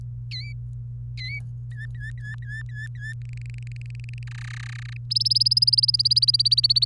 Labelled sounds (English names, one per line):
Domestic Canary song